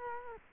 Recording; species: mosquito wingbeat signal from an infrared sensor; Culex quinquefasciatus